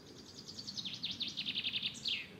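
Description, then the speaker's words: Common chaffinch giving a high series of repeated notes for about two seconds, ending in a descending flourish. Special call heard in the background of a forest walk with dry leaf litter; called the fine-weather call, the bird calls differently when weather turns bad. "Das ist nämlich der Schönwetterruf."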